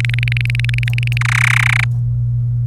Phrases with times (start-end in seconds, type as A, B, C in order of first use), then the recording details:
0.00-1.18 A, 1.21-1.85 B. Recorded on 27 April 2018 at 10:04. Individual llb3